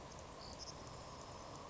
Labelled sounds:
Savannah Sparrow
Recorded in Sonoma County, California

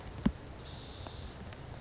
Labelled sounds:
California Towhee
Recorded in Sonoma County, California

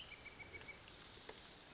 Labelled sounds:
Bewick's Wren
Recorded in Sonoma County, California

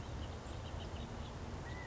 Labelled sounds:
California Quail
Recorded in Sonoma County, California

